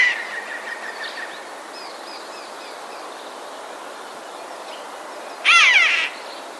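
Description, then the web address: Eurasian jay uttering a single loud, hoarse screech near the end, after faint, thin bird notes earlier on. Alarm call, 9 March 2016. "wroblowe ostrzegator sojka 09 03 2016"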